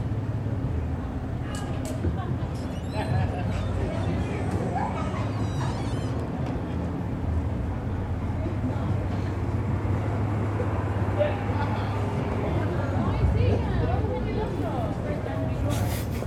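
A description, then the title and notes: Outside some small bars, a steady low rumble of traffic and crowd murmur fills the whole stretch at an even level. Scattered voices and brief bright clinks or squeaks poke through, most around the first six seconds, with a sharp sound near the end. Outside bars. Perched on a stoop across from several small bars, friends can be heard bar hopping, a bus arrives, and Uber cars come and go.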